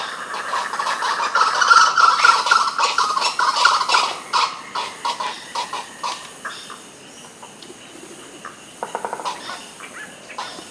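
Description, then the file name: Birds calling loudly in a busy burst of harsh, repeated squawking notes early on, then sparser chirps and squawks toward the end. "SABIOD 50 bird 2015"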